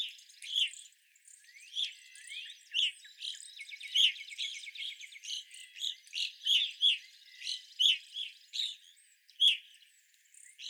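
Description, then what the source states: Evening grosbeak calls, bright chirps in quick overlapping series, alongside buzzy rattling trills in the background. Several evening grosbeaks recorded on 25 April 2021.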